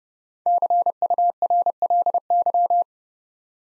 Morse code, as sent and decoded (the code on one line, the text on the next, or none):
-.-. ..- .-. .-.. -.--
CURLY